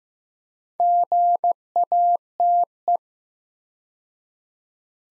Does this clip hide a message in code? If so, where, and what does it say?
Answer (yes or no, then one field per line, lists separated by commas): yes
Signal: Morse code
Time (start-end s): 0.8-3.0 s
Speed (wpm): 15 wpm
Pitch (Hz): 700 Hz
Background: none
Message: GATE